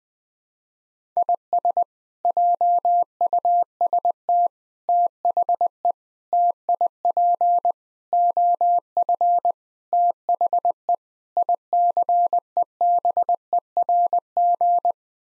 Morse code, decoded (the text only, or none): IS JUST THE TIP OF THE ICEBERG